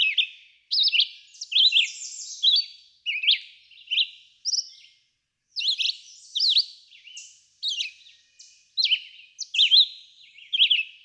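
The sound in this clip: Red-eyed vireo singing repeated short whistled phrases, slurring up and down, with a brief pause midway before the phrases resume.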